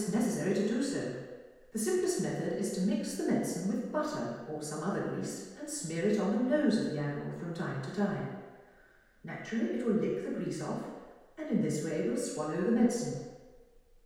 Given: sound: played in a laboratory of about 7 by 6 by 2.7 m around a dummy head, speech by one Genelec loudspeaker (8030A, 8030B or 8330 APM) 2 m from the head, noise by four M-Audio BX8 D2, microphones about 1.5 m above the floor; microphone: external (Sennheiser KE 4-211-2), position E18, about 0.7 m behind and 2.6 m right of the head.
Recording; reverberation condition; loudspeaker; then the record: female speech in English; high; 90 degrees to the left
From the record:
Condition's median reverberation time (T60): about 1300 ms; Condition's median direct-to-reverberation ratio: about -4.0 dB